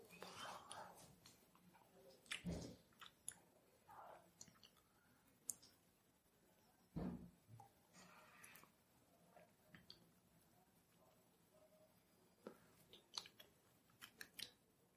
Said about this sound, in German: Lässt jetzt die Zuhörer dein Eis hören und mitschmecken. Schmatzig so oder was?